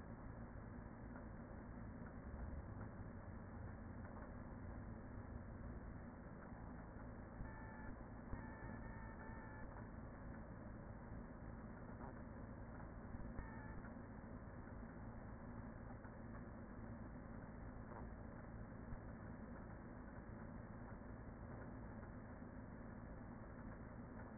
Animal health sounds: honeybee colony, microphone inside the hive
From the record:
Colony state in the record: queen present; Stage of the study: after two queens were removed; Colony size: about 40,000 bees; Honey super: no

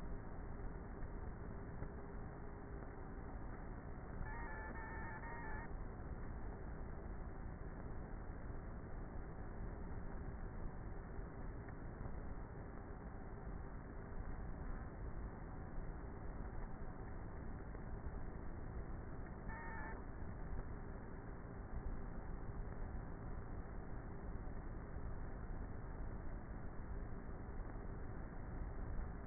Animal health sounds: honeybee colony, microphone inside the hive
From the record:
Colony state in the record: queenless with a low population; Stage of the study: before two queens were removed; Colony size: about 30,000 bees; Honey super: no

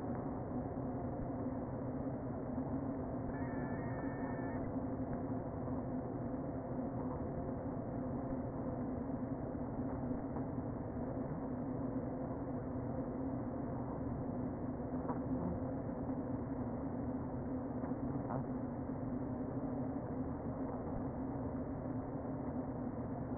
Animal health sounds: honeybee colony, microphone inside the hive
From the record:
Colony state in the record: queen present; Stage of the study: before two queens were removed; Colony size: about 60,000 bees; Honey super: yes

